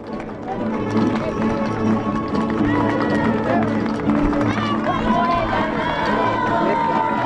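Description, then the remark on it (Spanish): Quick, light running footsteps of small children patter steadily as they run up onto the speakers' stand carrying the lit Sinarquista torch from Cerro del Cubilete at a Unión Nacional Sinarquista rally in Mexico, through a loud, continuous crowd murmur with voices talking over the busy din throughout. “Aquí vienen subiendo a esta tribuna esos pequeñines que desde la carretera los vimos que vienen corriendo trayendo la antorcha sinarquista, la luz de la verdad.”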